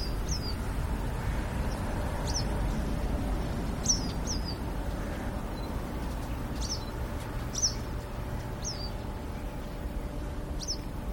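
Western yellow wagtail repeating short, high, down-slurred call notes, some in quick pairs, scattered throughout over a continuous low-pitched hum.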